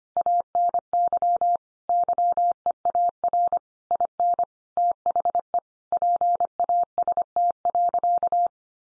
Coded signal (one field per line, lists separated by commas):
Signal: Morse code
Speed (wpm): 25 wpm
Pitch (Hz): 700 Hz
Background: none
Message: ANY YEAR IN THE PAST.